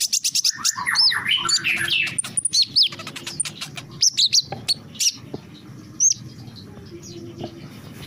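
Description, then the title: Small bird chirping: a lively run of high, varied tweets and quick rising and falling whistles, busiest at the start, then thinning into scattered sharp notes. "Burung Kecil"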